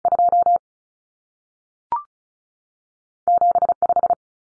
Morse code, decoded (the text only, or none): 2 75